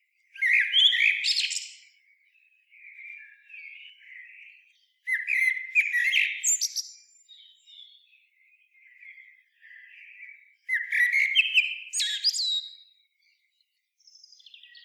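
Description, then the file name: Common blackbird song: three loud phrases of warbling and squeaky twittering about five seconds apart, each trailing into softer, lower notes. "Turdus merula"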